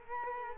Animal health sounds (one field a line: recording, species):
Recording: mosquito wingbeat signal from an infrared sensor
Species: Culex quinquefasciatus